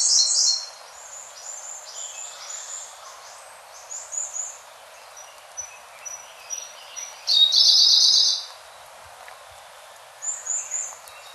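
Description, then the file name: Siberian blue robin song: a loud opening phrase, then thin spaced high notes, then a rich rattling trill after seven seconds and a softer phrase near the end. "koruri"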